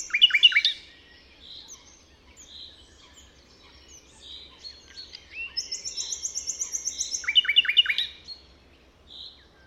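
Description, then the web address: Common nightingale song: loud rich phrases with a fast stuttering burst, then a long rapid series of high repeated notes, ending with another strong phrase. "chant didier collin rossignol philomele"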